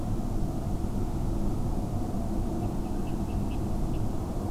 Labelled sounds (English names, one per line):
Water Rail